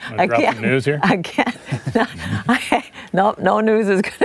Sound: laughter